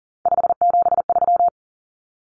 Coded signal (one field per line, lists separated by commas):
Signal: Morse code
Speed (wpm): 40 wpm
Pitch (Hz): 700 Hz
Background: none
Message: 573